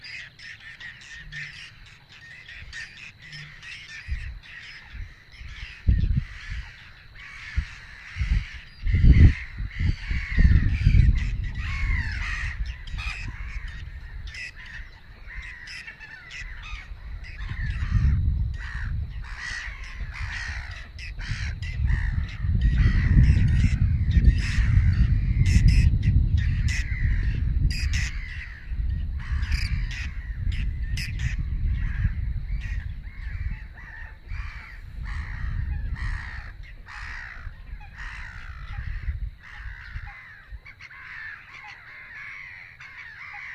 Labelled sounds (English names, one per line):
Whiskered Tern call